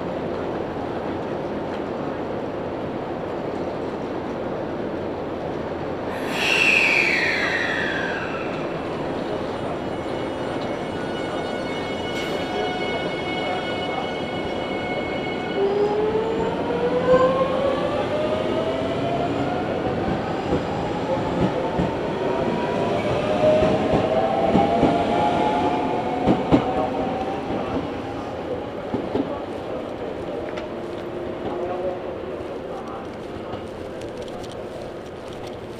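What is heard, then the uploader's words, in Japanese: Inside a local train, a steady low rumble fills the cabin as whining motor tones rise and bend while it gathers speed midway. 中央西線 普通 中津川→十二兼。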